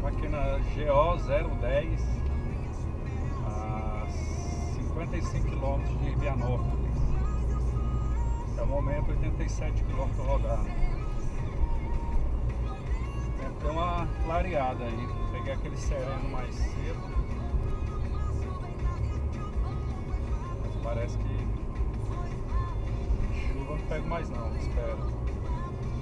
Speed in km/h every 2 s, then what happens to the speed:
118, 117, 118, 117, 118, 119, 117, 119, 118, 116, 114, 113, 115.
0-26 steady at about 117.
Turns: none.